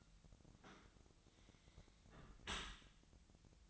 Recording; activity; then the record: daily activity, microphone in the room; close dishwasher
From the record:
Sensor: 3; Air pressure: 1003.1 hPa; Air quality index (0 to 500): 198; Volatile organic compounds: 6 ppm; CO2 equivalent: 1932 ppm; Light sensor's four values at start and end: 35/88/38/41 and 35/88/38/41